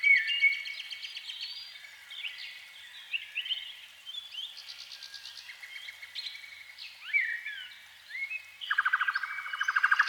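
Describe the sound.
Canary song, a long varied stream of fast rattling trills, buzzy rolls and swooping whistles that changes frequently.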